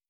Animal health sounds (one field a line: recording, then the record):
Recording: hydrophone in a shrimp aquaculture tank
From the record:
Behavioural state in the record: starved